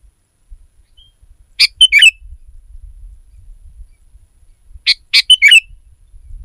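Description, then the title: Sooty-headed bulbul song: two short bubbly phrases of several chirpy notes, about three seconds apart, over a faint low background hum. "kutilang"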